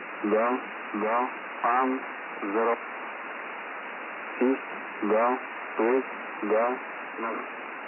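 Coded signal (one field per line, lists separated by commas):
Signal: numbers station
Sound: about nine short spoken words or numbers, evenly spaced, through radio hiss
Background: radio static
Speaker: reading continuous strings of numbers along with the sound of a bleeding goat and the phrase I guess I should be going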